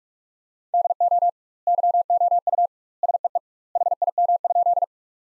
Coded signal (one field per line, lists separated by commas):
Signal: Morse code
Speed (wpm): 46 wpm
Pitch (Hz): 700 Hz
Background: none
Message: DO YOU SEE HIM?